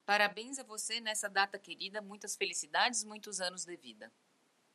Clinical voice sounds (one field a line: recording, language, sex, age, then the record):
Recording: short text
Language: Brazilian Portuguese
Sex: female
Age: 40 to 49 years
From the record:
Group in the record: control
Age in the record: 41 years